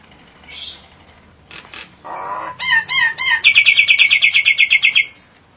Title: Jalak Nias